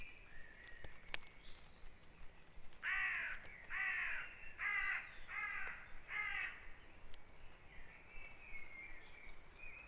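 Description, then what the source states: Birds calling at dawn: five loud, harsh caws in a row through the middle, with soft whistled song and sharp clicks around them. Dawn chorus at Back Dragon Avenue, Harrogate; part of the Sound Map of Harrogate.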